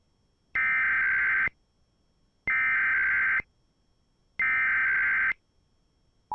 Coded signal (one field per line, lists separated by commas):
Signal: Emergency Alert System (SAME) tones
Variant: header bursts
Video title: EAS 3292-3296: Pennsylvania Required Monthly Test for May 2022